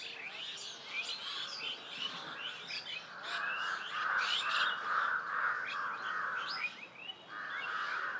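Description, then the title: Several birds chirping over one another, with a sustained rolling trill in the middle and again at the end among quick high twitters. Birds at medium distance in a village ambience. "GameAudioGDC. AMBIENCE Birds Medium Distant Village and People"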